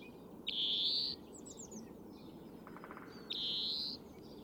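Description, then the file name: European greenfinch: two long, harsh, buzzy wheezes, each slightly rising, with a few quick high chirps between them over low background noise. "Chloris chloris"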